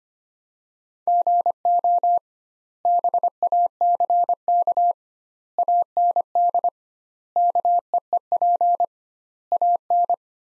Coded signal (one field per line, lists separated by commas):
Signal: Morse code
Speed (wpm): 25 wpm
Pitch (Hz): 700 Hz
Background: none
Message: GO BACK AND KEEP AN